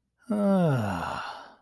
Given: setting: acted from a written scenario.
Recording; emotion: vocal sound without words; relief